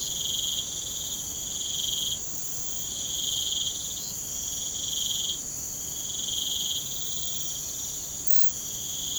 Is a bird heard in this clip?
no